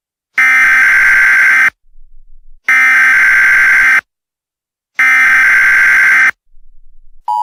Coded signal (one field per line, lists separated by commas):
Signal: Emergency Alert System (SAME) tones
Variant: header bursts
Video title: EAS Scenario - Melons | Part 1